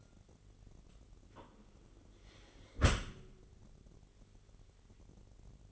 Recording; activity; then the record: daily activity, microphone in the room; close dishwasher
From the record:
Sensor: 4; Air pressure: 999.0 hPa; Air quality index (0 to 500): 128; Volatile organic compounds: 2 ppm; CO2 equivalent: 1250 ppm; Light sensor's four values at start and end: 7/16/6/7 and 7/18/7/7